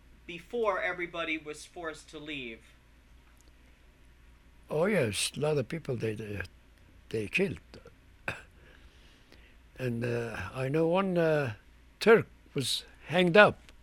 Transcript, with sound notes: before everybody was forced to leave?
Oh, yes. A lot of people they did, they killed. (he coughs) And I know one Turk was hanged up,